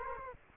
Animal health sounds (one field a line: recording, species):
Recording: mosquito wingbeat signal from an infrared sensor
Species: Culex quinquefasciatus